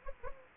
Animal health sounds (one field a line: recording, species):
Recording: mosquito wingbeat signal from an infrared sensor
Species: Anopheles gambiae